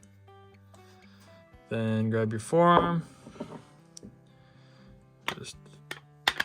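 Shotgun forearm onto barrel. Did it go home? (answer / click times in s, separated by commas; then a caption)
yes / 6.3 s. Someone talks while the forearm of a Browning BT-100 shotgun is set down at an angle onto the barrel and snapped on, with soft music in the background and a few small handling taps. A sharp click at 6.3 s marks the forearm seating onto the barrel, and the shotgun is back together.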